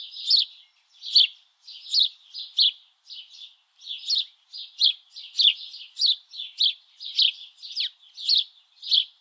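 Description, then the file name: House sparrow chirping rapidly and persistently, sharp repeated notes coming more than one per second in an uneven rhythm. "Passer domesticus"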